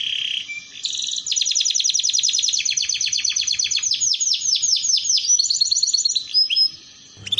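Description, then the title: Canary song: a steady whistled note, then a long run of rapid repeated sweeping notes shifting through several trill types, then a brief pause. Belgian canary song played to warm up canaries and stimulate singing, and as a tutor for young canaries learning the sound. "Canto Para Esquentar Canário Belga. Terapi Pancingan Suara Kenari Gacor || Masteran Kenari Paud Belajar Bunyi"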